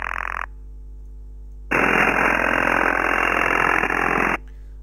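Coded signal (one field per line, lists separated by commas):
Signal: radar signal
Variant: Chinese over-the-horizon radar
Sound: harsh rapid buzzing rasp in two bursts, a short one then about 2.7 seconds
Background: radio static, low hum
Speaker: here just on the left hand side of the handband we've got Chinese Over the Horizon radar and this sounds awfully similar to various other recordings of the same theme the same frequency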